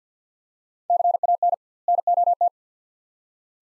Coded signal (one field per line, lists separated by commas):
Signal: Morse code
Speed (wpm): 50 wpm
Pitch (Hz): 700 Hz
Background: none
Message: CAN NOT